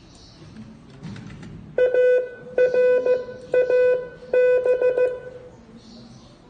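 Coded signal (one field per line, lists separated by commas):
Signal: Morse code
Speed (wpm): 14 wpm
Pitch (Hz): 500 Hz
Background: none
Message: ARAB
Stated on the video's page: Morse code practice.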